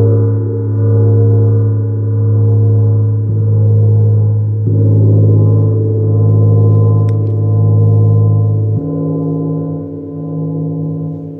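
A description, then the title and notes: A gong hums with deep, sustained vibration, its low tone slowly pulsing and shifting pitch around 3, 5 and 9 seconds. This challenge is all about getting to know the vibrations of Neptune Gong.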